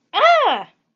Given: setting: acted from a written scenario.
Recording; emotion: vocal sound without words; negative surprise